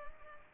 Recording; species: mosquito wingbeat signal from an infrared sensor; Culex pipiens